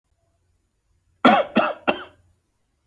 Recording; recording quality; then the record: shallow voluntary cough; excellent, no background noise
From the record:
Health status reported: healthy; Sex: male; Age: 30 years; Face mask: not worn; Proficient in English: yes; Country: India